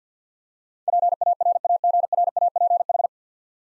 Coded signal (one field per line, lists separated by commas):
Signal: Morse code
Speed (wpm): 47 wpm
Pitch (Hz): 700 Hz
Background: none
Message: PARAGRAPH